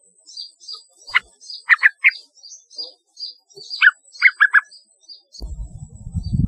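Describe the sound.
Yellow-vented bulbul: brief bubbly note clusters, with thin high chirps throughout, a faint steady high tone, and rumbling noise at the end.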